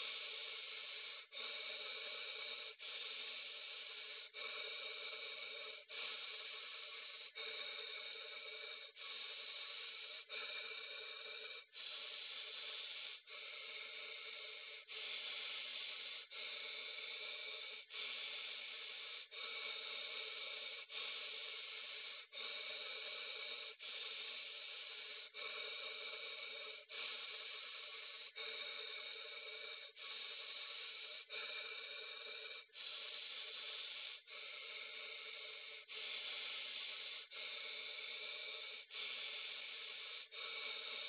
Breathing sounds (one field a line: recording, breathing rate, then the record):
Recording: paced breathing near a phone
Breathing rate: 20 breaths a minute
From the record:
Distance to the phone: 40 cm